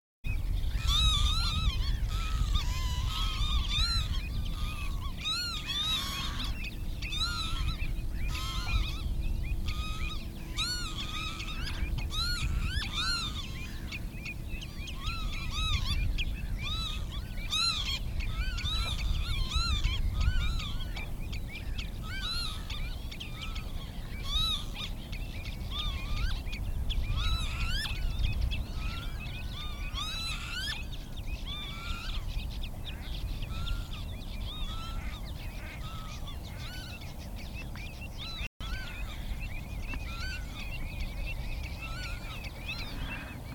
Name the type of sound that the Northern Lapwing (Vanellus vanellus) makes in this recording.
call